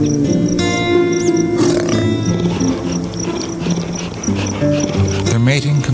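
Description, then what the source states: Cougars calling in overlapping low, harmonic moans and growly yowls, continuous and layered, with a faint steady high-pitched pulsing. Cougars recorded while mating.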